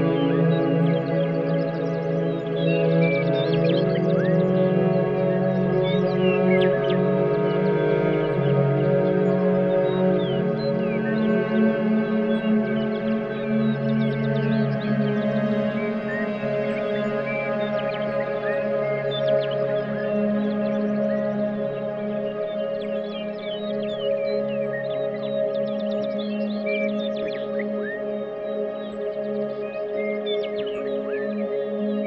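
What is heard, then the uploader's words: Nature sounds: a steady, dense chorus of sustained ringing tones, with quick bright chirps scattered over it and constant loudness throughout. Nature Sounds.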